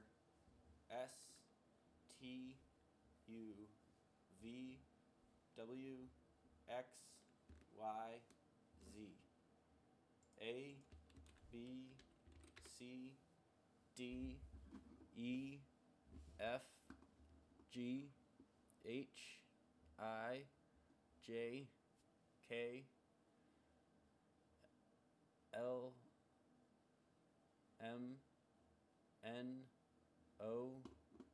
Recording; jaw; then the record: letters of the alphabet, spoken; free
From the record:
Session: seven days later